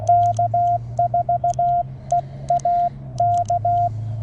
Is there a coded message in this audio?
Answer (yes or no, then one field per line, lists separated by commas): yes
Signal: Morse code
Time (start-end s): 0.1-3.9 s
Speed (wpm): 17 wpm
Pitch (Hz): 690 Hz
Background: radio noise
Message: K4EAK